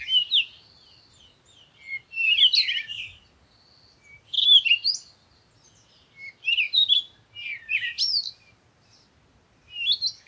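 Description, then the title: Birds chirping and warbling, lively high phrases with sliding whistles, arriving in clusters separated by short pauses. Morning birds recorded outdoors in nature while on vacation. "Morning Birds Meditation - Spiritually Fit with Amelia Andaleon"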